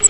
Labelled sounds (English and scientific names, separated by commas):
Grace's Warbler (Setophaga graciae) flight call